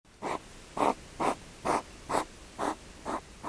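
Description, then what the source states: European hedgehog huffing in sharp, breathy bursts, eight puffs in under four seconds at a fairly steady rhythm, with quiet background between them. Recorded late June in Kumlinge, Åland; smaller of two hedgehogs huffing, snorting and snapping while a larger one circled it, interpreted as a male courting an uncooperative female.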